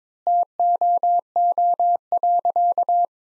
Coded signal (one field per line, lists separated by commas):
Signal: Morse code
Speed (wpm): 22 wpm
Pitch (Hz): 700 Hz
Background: none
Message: TOO.